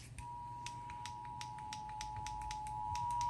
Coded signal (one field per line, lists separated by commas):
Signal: Emergency Alert System (SAME) tones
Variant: 853 and 960 Hz attention tone